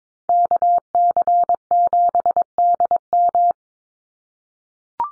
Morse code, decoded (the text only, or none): KC7DM